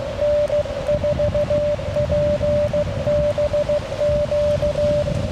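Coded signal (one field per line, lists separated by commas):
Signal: Morse code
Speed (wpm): 14 wpm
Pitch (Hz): 590 Hz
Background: none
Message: N4PBQ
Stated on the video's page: QRP CW contacts from a battery-powered Elecraft KX3 on 20m, 40m and 30m, including a long ragchew on 30m.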